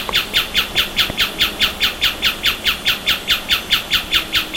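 Bird calling with a rasping, buzzy note repeated evenly a little over twice a second, steady hum underneath.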